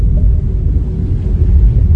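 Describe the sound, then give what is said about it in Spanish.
A deep, loud rumble of a storm turned cyclone, flooding a cave, fills the whole stretch, a steady low roar with churning texture and no pauses, like rushing water surging through the cave. “¡La tormenta se ha convertido en un ciclón! ¡Papá! ¡La cueva se inunda!”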